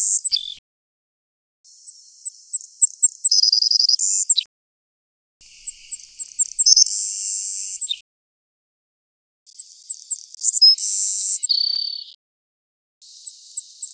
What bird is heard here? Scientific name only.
Passerculus sandwichensis